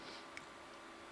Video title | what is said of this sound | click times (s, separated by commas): Lenovo Yoga 13 Memory Upgrade | it does a little click and it releases the memory uh for you to pull straight back out | 0.4 s